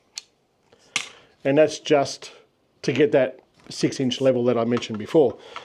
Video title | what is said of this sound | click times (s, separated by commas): Possibly the best looking tripod ever. Fotopro Origin Travel Tripod | up level once you push that back in you you'll hear it clicking when it comes back down | 0.2 s, 1.0 s